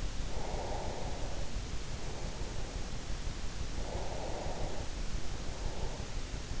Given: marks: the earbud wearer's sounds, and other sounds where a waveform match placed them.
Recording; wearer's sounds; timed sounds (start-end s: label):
sounds in sleep by an in-ear microphone; breath
0.19-2.87 s: breath
3.74-6.27 s: breath